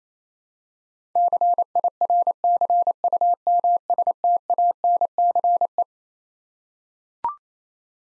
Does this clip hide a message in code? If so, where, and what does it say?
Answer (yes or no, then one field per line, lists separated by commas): yes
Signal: Morse code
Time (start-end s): 1.2-5.8 s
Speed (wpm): 28 wpm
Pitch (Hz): 700 Hz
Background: none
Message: CIRCUMSTANCE